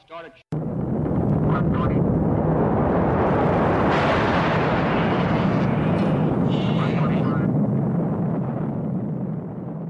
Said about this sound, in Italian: Questa volta per realizzare la prima esplosione atomica subacquea nella storia dell'umanità.